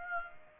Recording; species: mosquito wingbeat signal from an infrared sensor; Aedes aegypti